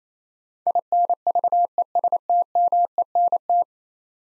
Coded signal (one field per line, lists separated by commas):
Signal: Morse code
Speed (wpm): 28 wpm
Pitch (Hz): 700 Hz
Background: none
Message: INVESTMENT